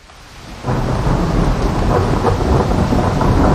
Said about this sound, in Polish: Jako zjawisko atmosferyczne fascynuje meteorologów, jej energię badają fizycy, a nas przeraża lub zachwyca. O burzy, jej powstawaniu i okiełznaniu